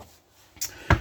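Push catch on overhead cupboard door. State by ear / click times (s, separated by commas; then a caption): released / 0.6 s, 0.9 s. A push-to-open catch on an overhead cupboard door in a 2022 Burstner Delfin T 680G is pressed. After a quiet lead-in, there is a bright click at 0.6 seconds, followed by a louder, sharper click at 0.9 seconds. The push catch releases and the cupboard door opens.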